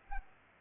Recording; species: mosquito wingbeat signal from an infrared sensor; Culex pipiens